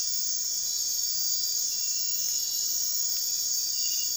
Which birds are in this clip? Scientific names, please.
none